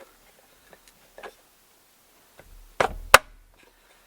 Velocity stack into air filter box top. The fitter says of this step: as you see they just snap in place kind of just like that